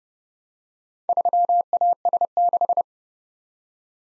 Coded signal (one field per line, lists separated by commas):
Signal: Morse code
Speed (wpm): 30 wpm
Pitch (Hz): 700 Hz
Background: none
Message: 3AS6